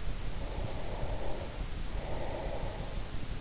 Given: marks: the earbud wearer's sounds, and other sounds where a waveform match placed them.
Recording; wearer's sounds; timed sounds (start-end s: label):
sounds in sleep by an in-ear microphone; breath
0.31-3.41 s: breath